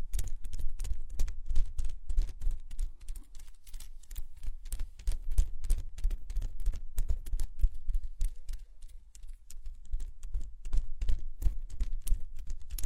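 Plants are rubbed and circled around the ears, giving a dense run of quick crinkling and rustling clicks. The taps come fast and unevenly across all thirteen seconds, with a soft low rumble underneath and slightly thinner activity near the middle.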